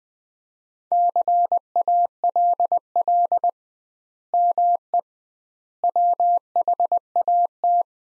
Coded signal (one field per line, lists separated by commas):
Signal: Morse code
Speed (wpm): 20 wpm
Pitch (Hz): 700 Hz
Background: none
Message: CALL ME WHAT